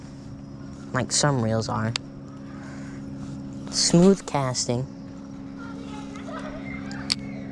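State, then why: Seated. Someone talks, then the metal wire bail arm on a small Lew's Mach 1 Speed Stick spinning fishing reel with 10 bearings is flipped over. It snaps shut into its closed position with a sharp, crisp click at 7.1 s, and the bail seats.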